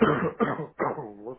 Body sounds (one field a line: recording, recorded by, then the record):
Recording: voluntary cough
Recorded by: telephone call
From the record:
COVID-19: positive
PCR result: checked with the laboratory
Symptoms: yes